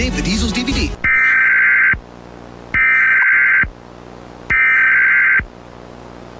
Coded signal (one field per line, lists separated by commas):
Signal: Emergency Alert System (SAME) tones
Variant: header bursts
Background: speech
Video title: Bird Television EAS SOUNDS history (1991-2024)